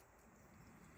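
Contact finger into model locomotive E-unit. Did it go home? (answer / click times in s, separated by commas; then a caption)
no / none. A single contact finger is being handled back into the E-unit of a Lionel 1668 toy train locomotive, with its tabs going into the slots. Only a steady, low handling noise is heard, with no sharp hits. Nothing has seated or clicked yet.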